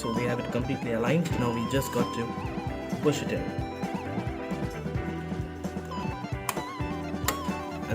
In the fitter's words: there with two clicks our ram is completely installed